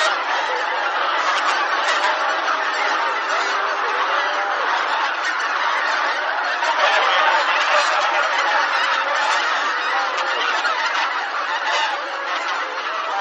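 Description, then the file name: Bean goose flock giving loud, continuous cackling honks, many birds calling at once with some rising and falling notes. "hisikui"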